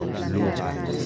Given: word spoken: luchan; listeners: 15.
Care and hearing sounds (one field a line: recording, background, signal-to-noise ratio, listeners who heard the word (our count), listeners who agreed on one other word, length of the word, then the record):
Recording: one Spanish word in noise, from a listening test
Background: eight-talker babble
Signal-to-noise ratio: -3.1 dB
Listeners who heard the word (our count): 0 of 15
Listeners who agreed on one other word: 6 of 15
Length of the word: 0.66 s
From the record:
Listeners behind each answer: 6, 3, 3, 1, 1, 1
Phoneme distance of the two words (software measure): 10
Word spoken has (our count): 2 syllables, 5 phonemes, stress on syllable 1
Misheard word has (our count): 2 syllables, 5 phonemes, stress on syllable 1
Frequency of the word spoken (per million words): 5.15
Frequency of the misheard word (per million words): 13.12